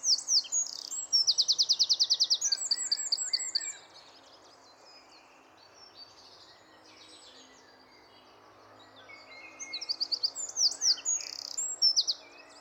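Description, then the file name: Eurasian wren delivering a loud, high-pitched song of rapid notes and a rattling trill, pausing for several seconds, then beginning another phrase. "Troglodytes troglodytes"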